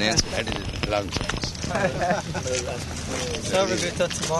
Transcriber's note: devotees laugh